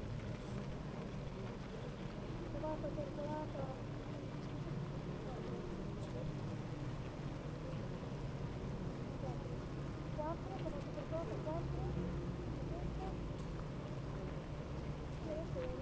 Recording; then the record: honeybee colony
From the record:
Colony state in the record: active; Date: 28 July 2017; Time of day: 8:32